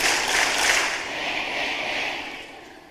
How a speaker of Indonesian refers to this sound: Tepuk tiga, ngek-ngek-ngek tiga. Tiga. Ayo, tepuk satu. Tepuk dua. Tepuk tiga.